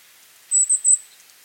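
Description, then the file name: Golden-crowned Kinglet giving very high, thin tsee notes, three quick sibilant notes in a row lasting about half a second, then quiet. "Regulus satrapa - Golden-crowned Kinglet"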